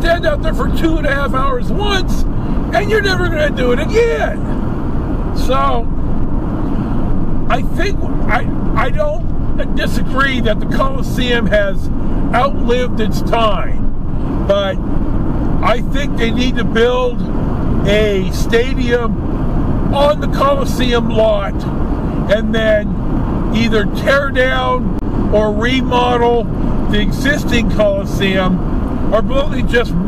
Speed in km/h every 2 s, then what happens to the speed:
79, 79, 81, 81, 81, 81, 81, 81, 81, 82, 82, 84, 84, 84, 84.
0-30 steady at about 81.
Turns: none.